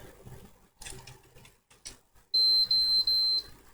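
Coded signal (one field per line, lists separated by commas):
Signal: beep code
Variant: PlayStation 4 (original)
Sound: rustling and clunks, then three long high-pitched beeps run almost together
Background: handling noise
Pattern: 3 long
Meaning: The console signals a fault, such as overheating, and will not turn on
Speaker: and put the power cable back in. Here you heard three beeps as if it were saying I have overheating problems but it's off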